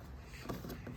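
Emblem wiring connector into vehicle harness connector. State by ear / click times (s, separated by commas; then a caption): not seated / none. A Hyundai Ioniq 5 front LED emblem's wiring connector is handled as it is brought up to the vehicle harness connector to be plugged back in, with faint handling noises over a low background hum and brief taps around 0.5 s and 0.9 s. Nothing has seated or clicked yet.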